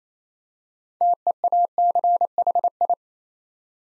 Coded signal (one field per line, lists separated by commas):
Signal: Morse code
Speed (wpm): 27 wpm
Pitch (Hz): 700 Hz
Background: none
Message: TEACHI